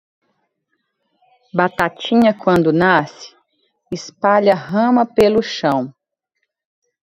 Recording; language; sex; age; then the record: short text; Brazilian Portuguese; female; 30 to 39 years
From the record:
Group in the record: control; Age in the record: 37 years